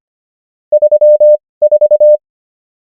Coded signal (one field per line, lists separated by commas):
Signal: Morse code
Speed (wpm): 25 wpm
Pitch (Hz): 600 Hz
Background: none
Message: 34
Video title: morse code practice | 25wpm | 19fw | numbers | ENGLISH